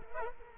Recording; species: mosquito wingbeat signal from an infrared sensor; Culex quinquefasciatus